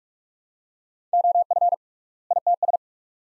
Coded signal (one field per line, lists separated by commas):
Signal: Morse code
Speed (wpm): 46 wpm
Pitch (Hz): 700 Hz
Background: none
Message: OF ITS